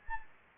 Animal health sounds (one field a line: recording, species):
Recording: mosquito wingbeat signal from an infrared sensor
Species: Anopheles gambiae